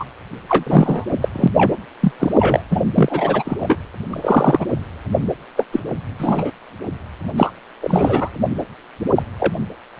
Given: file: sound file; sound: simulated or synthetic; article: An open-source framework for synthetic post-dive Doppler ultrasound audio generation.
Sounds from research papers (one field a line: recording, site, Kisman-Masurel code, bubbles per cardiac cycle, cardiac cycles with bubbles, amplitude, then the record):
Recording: Doppler ultrasound audio after a dive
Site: precordial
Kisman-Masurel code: 243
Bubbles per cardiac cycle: several, 3–8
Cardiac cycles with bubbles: 100%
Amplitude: loud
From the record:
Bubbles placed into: full cardiac cycles